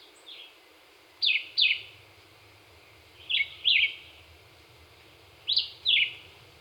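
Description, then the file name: Black-whiskered vireo singing short two-note phrases, each a quick pair of sharp, slurred chirps, repeated about every two seconds with a faint note at the start. Recorded 26 April 2019. "2019-04-26 Black-whiskered Vireo"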